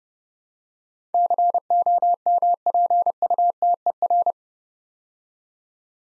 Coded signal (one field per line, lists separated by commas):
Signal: Morse code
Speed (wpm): 30 wpm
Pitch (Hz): 700 Hz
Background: none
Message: COMPUTER